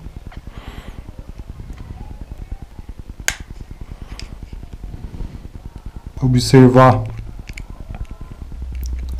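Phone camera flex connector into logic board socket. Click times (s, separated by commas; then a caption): 7.6 s. During an iPhone 5s rear camera and flash repair, a flex cable connector is pressed onto its logic board socket, possibly with a spatula. Someone talks over a steady low hum and faint ticking, and a small sharp click is heard at 7.6 seconds as the connector seats.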